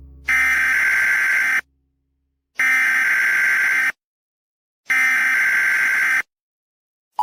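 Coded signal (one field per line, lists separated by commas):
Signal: Emergency Alert System (SAME) tones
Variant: header bursts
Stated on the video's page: Fictional Halloween EAS scenario.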